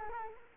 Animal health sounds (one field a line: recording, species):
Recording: mosquito wingbeat signal from an infrared sensor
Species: Culex quinquefasciatus